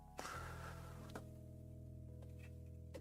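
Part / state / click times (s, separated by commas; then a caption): detachable 2-pin section of a graphics card power cable connector / not seated / none. Someone joins the detachable 2-pin section of a PCIe 6+2-pin graphics card power connector on a modular PSU cable and pushes it to seat. Over steady background music, a few brief plastic handling sounds are heard near 0.2, 1.1 and 3.0 seconds. The connector does not click into place, and nothing has seated or clicked yet.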